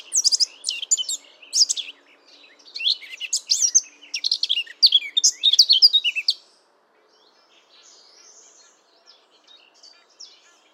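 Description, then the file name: Eurasian blackcap song: quick, high, chattering warbled phrases in bursts for about six seconds, then near silence with a few faint notes. "Sylvia atricapilla"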